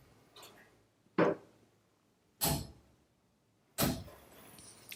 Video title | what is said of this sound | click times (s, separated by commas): Lubricating Fasteners | as the torque wrench clicks you can see I've got right at 5,000 | 4.9 s